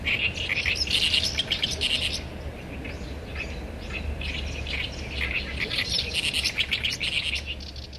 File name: great warbler